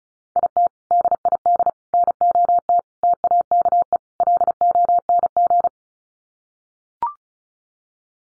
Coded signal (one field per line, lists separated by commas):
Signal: Morse code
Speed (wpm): 34 wpm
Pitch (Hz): 700 Hz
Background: none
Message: IT DID NOT TAKE LONG